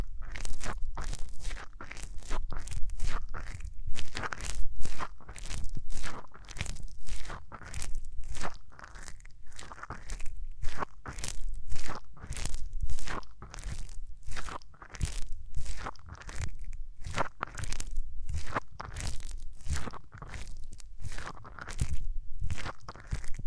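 Hands rubbing over the ears, no talking. Scratchy, crunching strokes come in a quick, fairly regular rhythm, roughly two or three per second, for the whole stretch, each a bright rasp over a steady low rumble.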